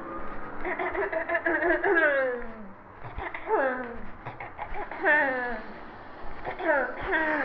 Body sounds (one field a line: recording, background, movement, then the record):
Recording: throat clearing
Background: traffic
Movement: walking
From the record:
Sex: female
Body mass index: 18.3 kg/m2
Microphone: on the chest, facing the body